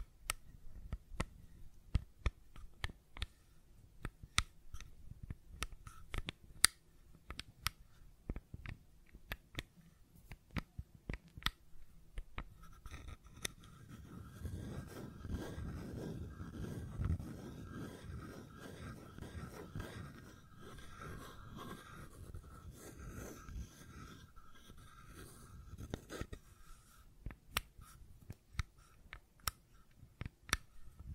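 Sharp clicks and taps from a fidget cube come in irregular bursts, some quick runs and some isolated snaps. From about 13 to 27 seconds a low rumbling rub and a thin steady whine join in beneath the clicking, then fade, leaving scattered taps.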